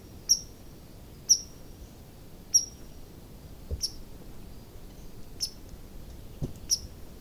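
Red squirrel uttering single thin, high squeaks roughly once a second, six in all, with a few soft clicks between them.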